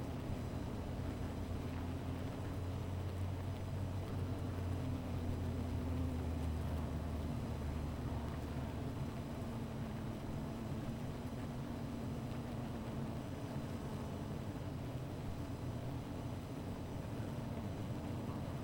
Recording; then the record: honeybee colony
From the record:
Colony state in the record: missing queen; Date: 14 July 2017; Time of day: 16:00